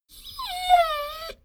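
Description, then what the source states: Dogo Argentino whine, a single drawn-out tonal whimper of over a second that dips slightly in pitch, swells in the middle, then fades. Dogo Argentino dog, whine described as sad.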